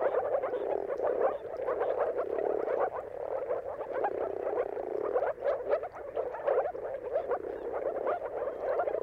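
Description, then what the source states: Continuous moor frog chorus of low, bubbling, water-like pulses, many callers overlapping at once. Moor frogs giving mating calls in a chorus at sunrise, around the turn of March and April depending on the weather.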